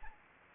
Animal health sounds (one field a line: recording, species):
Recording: mosquito wingbeat signal from an infrared sensor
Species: Anopheles arabiensis